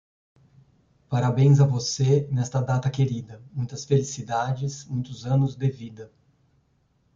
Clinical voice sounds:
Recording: short text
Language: Brazilian Portuguese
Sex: male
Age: 40 to 49 years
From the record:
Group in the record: control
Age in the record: 48 years

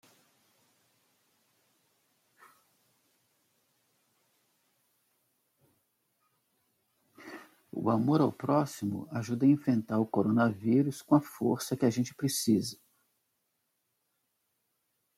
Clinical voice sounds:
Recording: spoken sentence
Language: Brazilian Portuguese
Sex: male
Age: 60 to 69 years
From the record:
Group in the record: control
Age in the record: 66 years

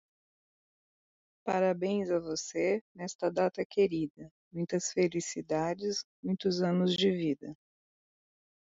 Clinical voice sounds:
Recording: short text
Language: Brazilian Portuguese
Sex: female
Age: 40 to 49 years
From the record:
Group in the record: control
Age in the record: 49 years

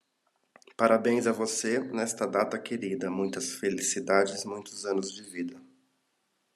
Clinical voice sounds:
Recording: short text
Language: Brazilian Portuguese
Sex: male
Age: 20 to 29 years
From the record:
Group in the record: control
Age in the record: 27 years

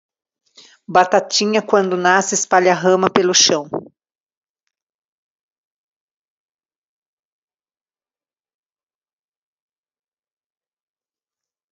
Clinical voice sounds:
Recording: short text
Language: Brazilian Portuguese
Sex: female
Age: 50 to 59 years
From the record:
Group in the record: control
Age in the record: 53 years

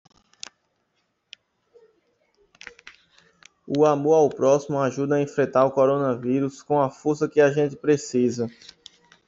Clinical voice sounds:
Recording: spoken sentence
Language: Brazilian Portuguese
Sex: male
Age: 30 to 39 years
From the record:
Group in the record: control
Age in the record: 35 years

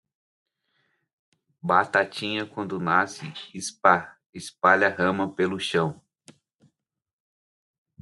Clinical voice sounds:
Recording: short text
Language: Brazilian Portuguese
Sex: male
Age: 30 to 39 years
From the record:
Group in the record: control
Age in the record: 39 years

